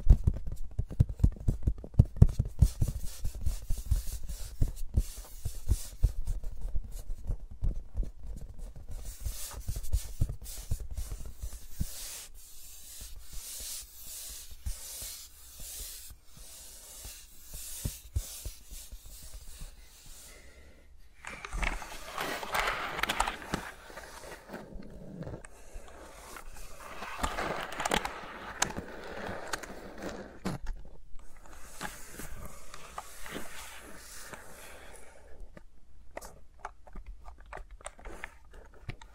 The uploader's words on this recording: ASMR with Mics Around My Fingers (No Talking).